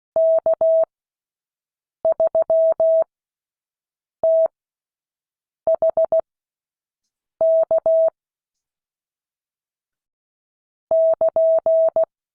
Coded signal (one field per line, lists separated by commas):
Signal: Morse code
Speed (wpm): 16 wpm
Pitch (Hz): 650 Hz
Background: none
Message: K3THK <KN>